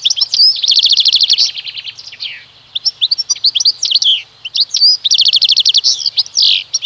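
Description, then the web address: European goldfinch song, a near-continuous liquid twitter of quick high notes mixed with buzzy rattles and sliding whistles, with only brief breaks. "Ptaki Szczygieł"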